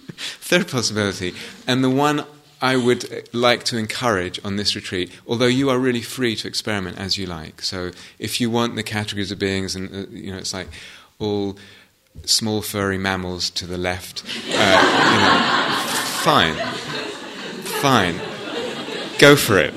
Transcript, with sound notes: Third possibility, and the one I would like to encourage on this retreat -- although you are really free to experiment as you like, so if you want the categories of beings, and it's like, "All small furry mammals to the left," fine. [laughter] Fine. Go for it.